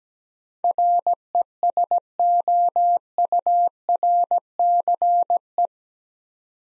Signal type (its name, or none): Morse code